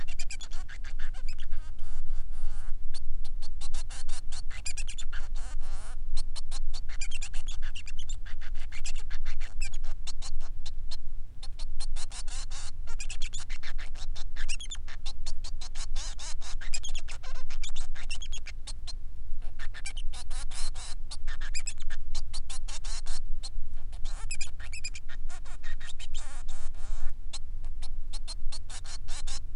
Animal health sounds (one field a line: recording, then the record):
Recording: song of a male Bengalese finch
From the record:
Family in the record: son of father 3